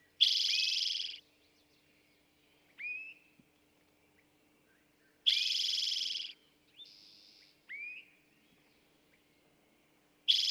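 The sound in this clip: Eastern towhee song repeated roughly every five seconds: a sharp introductory note then a loud, rattling trill, with quieter rising whistles between and a steady low hum beneath.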